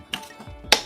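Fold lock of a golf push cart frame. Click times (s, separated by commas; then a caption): 0.7 s. The fold lock on the frame of a second golf push cart, folded together and pushed shut, engages with a loud, sharp click at 0.7 s, after a softer tap at 0.1 s. The folded cart locks into place.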